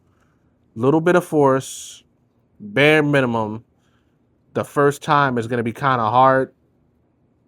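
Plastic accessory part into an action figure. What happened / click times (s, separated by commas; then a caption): The part is handled but has not clicked into place yet / none. A plastic accessory part is handled and pressed with light force toward its socket on an action figure while someone talks in three short bursts. Nothing has seated or clicked yet.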